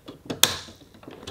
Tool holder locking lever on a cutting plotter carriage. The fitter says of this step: in until it clicks. Like this it is already loaded.